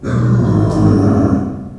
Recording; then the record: squeal of a Yucatan mini pig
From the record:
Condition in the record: after surgery on the right vocal fold (resection and tissue-engineered implant); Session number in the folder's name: 7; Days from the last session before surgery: 47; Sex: female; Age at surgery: 19 weeks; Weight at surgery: 25 kg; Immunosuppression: prednisolone